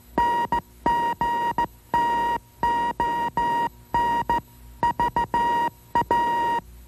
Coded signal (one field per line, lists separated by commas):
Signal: Morse code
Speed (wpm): 15 wpm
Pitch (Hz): 950 Hz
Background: music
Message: NGTON VA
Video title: AWA Classics - The Early Years of Amateur Radio